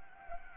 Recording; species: mosquito wingbeat signal from an infrared sensor; Anopheles arabiensis